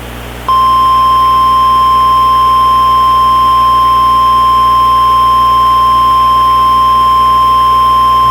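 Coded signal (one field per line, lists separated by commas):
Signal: Emergency Alert System (SAME) tones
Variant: 1050 Hz attention tone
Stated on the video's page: PDS tornado warning from NWS Paducah received online from NOAA Weather Radio station WWG83.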